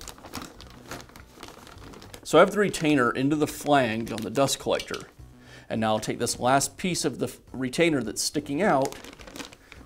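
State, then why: Not seated. The spring retainer of a new plastic collection bag (Jet part #709563) is worked around the inner flange of a Jet dust collector, with its last section about to be pushed in toward the center. Plastic crinkling and small handling ticks are heard while someone talks. Nothing has seated or clicked yet.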